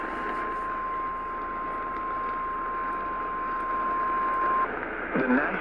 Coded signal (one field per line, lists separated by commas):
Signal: Emergency Alert System (SAME) tones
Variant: 1050 Hz attention tone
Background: speech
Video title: Eas FFW on KLVI 560am Eas#1056